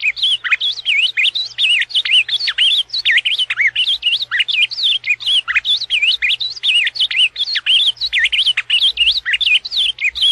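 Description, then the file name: Ultramarine grosbeak pouring out a steady, rapid warble of sliding whistled notes for ten seconds, with a faint low hum behind. "Canto-do-Azulão"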